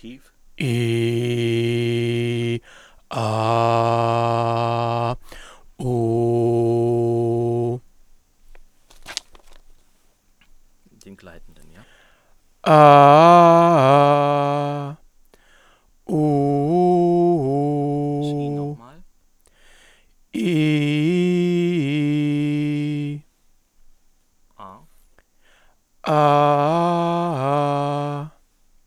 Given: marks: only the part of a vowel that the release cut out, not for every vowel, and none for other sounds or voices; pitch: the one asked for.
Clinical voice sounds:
sustained vowels; male; 50 to 59 years; 1; 1; 0
0.73-2.46 s: vowel /i/, low pitch
16.28-18.23 s: vowel /u/, low-high-low pitch
20.72-22.71 s: vowel /i/, low-high-low pitch
26.17-28.11 s: vowel /a/, low-high-low pitch
From the record:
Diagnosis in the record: leukoplakia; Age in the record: 56 years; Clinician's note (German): Zustand nach Leukoplakieabtragung, kleine Narbe rechts mit phonatorisch partiellem Stillstand; hyperfunktionelle Kompensation, deutliche Dysphonie

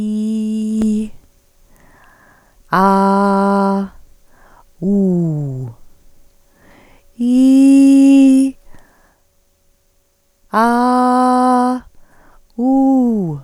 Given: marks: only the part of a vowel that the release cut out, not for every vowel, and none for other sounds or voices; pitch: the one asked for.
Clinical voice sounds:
sustained vowels; female; 40 to 49 years; 1; 1; 1
0.00-0.79 s: vowel /i/, normal pitch
2.88-3.74 s: vowel /a/, normal pitch
4.87-5.50 s: vowel /u/, normal pitch
7.31-8.39 s: vowel /i/, high pitch
10.60-11.68 s: vowel /a/, high pitch
12.65-13.28 s: vowel /u/, high pitch
From the record:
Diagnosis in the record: recurrent laryngeal nerve paralysis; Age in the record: 48 years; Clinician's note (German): Rechts, fast komplette Kompensation

